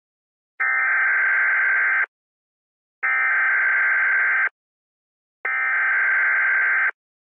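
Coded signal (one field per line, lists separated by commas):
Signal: Emergency Alert System (SAME) tones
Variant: header bursts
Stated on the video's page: Mock EAS alert, not a real alert.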